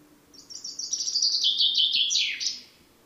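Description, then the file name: Common chaffinch singing a fast phrase of tumbling notes that drops gradually in pitch and finishes with a brisk sweeping flourish. "Fringilla coelebs"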